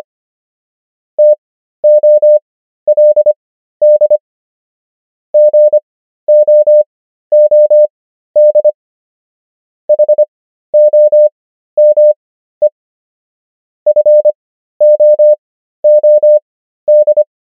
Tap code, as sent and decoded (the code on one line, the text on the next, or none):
none